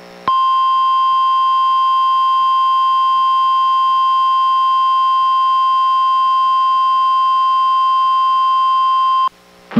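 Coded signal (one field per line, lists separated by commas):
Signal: Emergency Alert System (SAME) tones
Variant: 1050 Hz attention tone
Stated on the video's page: NOAA Weather Radio Required Weekly Test from the NWS, relayed by a weather radio station and recorded from a weather radio through an audio recorder.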